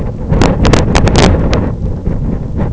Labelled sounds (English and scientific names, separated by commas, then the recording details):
none
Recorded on Arctic tundra, site IGLO-F, on 26 June 2018
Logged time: 08:00